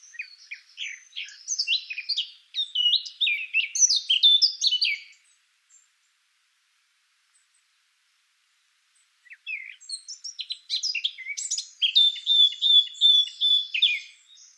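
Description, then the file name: Eurasian blackcap delivering two lively warbled phrases of jumbled chirps and clear whistles, with a four-second pause between them. "Sylvia atricapilla"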